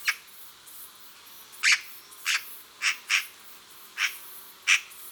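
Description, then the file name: Eurasian magpie uttering single harsh, raspy chack notes at irregular intervals, mostly about half a second to a second apart with one longer gap early on, with faint background hiss. "Pie bavarde"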